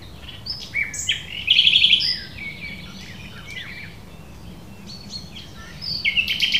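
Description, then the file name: Common nightingale song with scattered whistled notes, a bright rapid trill early on, quieter varied phrases, and a louder trill at the close. "Luscinia megarhynchos"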